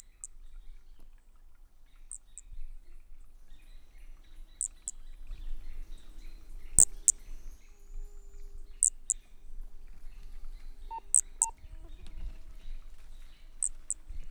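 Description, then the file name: Brachycephalus frog calling with high, sharp notes, often in close pairs, repeated every two seconds or so, alongside a few lower chirps and a soft background hum. Unidentified Brachycephalus species, individual 3, recorded at 20 cm, Corcovado, 18 December 2017. "MHNCI Brachy sp ind 3 perdeu notas 20 cm Corcovado 18 dez 2017 MRB"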